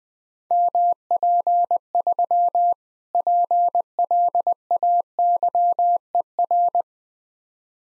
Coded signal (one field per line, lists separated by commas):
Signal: Morse code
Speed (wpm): 20 wpm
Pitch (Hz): 700 Hz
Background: none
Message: MP3 PLAYER